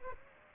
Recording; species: mosquito wingbeat signal from an infrared sensor; Aedes aegypti